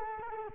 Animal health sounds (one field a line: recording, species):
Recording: mosquito wingbeat signal from an infrared sensor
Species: Culex quinquefasciatus